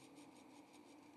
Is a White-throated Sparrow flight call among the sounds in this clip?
no